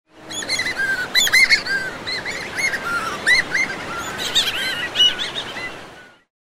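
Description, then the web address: Barolo shearwater calls: overlapping nasal, harmonic chirping notes repeated rapidly in bursts for about six seconds over a steady rushing background noise. Seabird known locally as frulho, recorded on a mobile phone. "fauna aves aves-marinhas frulho Telemovel Frulho"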